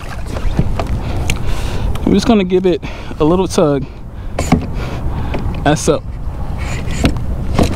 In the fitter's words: there we go now it's locked into place perfect I know